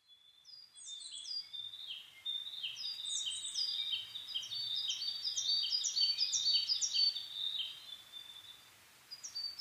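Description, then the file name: Coal tit giving high, thin notes in quick repeated two-part phrases, a brisk run of pitched chirps through the middle, fading briefly near the end before resuming. Recorded in Japan on 22 May 2010 at 17:41. "higara-20100522-1741"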